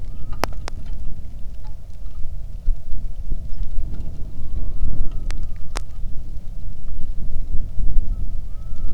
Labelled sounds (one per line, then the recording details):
loon
wind
rain
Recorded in the Arctic National Wildlife Refuge, Alaska, on 3 August 2019 at 09:20
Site 46